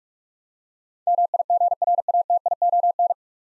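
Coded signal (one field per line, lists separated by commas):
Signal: Morse code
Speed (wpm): 46 wpm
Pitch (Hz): 700 Hz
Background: none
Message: MIGRATION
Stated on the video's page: Morse head-copy practice at 45 wpm sending nine-letter words, each word sent, spoken, then sent again.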